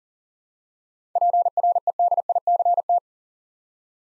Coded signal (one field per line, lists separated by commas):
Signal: Morse code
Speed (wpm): 41 wpm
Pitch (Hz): 700 Hz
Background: none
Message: PREDICT